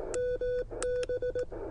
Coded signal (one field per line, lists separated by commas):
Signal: Morse code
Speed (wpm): 18 wpm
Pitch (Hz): 500 Hz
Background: none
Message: MB